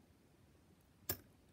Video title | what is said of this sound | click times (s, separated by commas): (030) Beginner focus on - Cross lock picks | so it's been picked I'm going to turn it all the way around should hear a click | 1.1 s